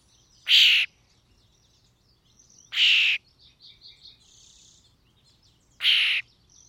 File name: European Starling - Sturnus vulgaris